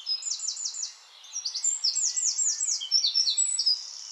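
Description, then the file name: Eurasian wren song, loud shrill trilled phrases in quick succession, rattling and warbling high notes with barely a break, over light background hiss. "Troglodytes troglodytes"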